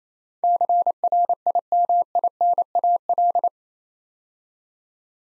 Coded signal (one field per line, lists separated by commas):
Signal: Morse code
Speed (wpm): 27 wpm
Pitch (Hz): 700 Hz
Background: none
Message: CRIMINAL